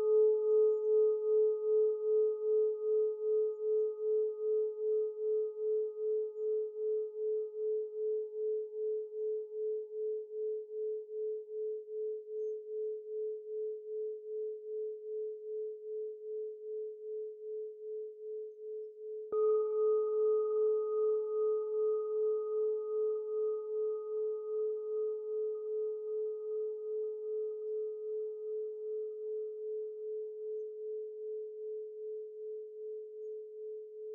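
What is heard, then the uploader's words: A meditation bell rings with a steady, pure low tone that hums on and slowly fades. Faint higher overtones die away within several seconds. Around nineteen seconds it is struck again, the tone swelling back before decaying gently toward the end. 432 hz bell meditation.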